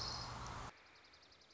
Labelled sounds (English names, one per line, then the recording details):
Dark-eyed Junco
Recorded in Sonoma County, California